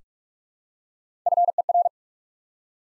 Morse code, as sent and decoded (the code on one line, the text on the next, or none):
..-. . .-.
FER